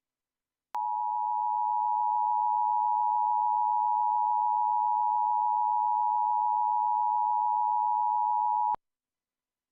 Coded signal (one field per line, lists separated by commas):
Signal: Emergency Alert System (SAME) tones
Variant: 853 and 960 Hz attention tone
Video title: (EAS #100!) (FAIL) WSAZ-DT2 - Tornado Warning (4/25/2025)